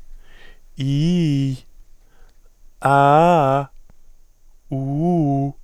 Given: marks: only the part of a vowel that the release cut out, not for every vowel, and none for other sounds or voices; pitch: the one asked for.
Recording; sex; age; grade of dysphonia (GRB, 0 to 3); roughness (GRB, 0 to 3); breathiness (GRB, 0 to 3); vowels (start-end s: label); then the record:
sustained vowels; male; 30 to 39 years; 0; 0; 0
0.84-1.47 s: vowel /i/, low-high-low pitch
2.91-3.57 s: vowel /a/, low-high-low pitch
4.81-5.43 s: vowel /u/, low-high-low pitch
From the record:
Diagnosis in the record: healthy voice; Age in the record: 34 years